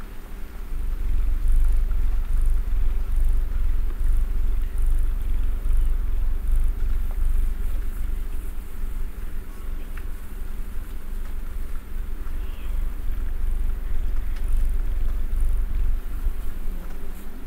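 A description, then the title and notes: A cat purrs, a deep, steady rumble that holds without a break for the whole clip. The purr has a soft, even pulse and stays low and full, with a faint hiss of noise above it. ASMR Cat Snuggles REAL PURRING.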